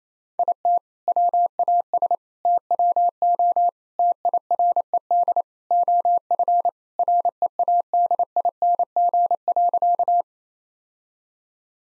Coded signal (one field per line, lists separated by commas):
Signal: Morse code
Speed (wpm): 27 wpm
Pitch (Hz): 700 Hz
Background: none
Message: IT WAS TWO TIRED OF READING.